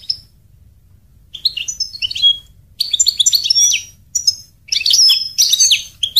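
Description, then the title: European goldfinch singing in lively high twittering phrases, mixing liquid chirps with harsher buzzy notes, the phrases growing busier toward the end. "Chant Chardonneret"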